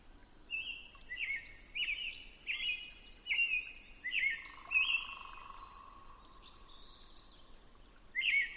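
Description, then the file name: Robin song: seven clear caroled whistles in a brisk series, a pause, then one more phrase; a soft steady low tone hums midway. Recorded at 6 am on 20 June 2005. "jh-050620-6 am-robin"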